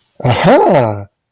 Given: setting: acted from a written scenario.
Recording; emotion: vocal sound without words; positive surprise